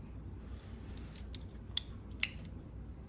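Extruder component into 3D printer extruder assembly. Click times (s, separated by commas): 2.2 s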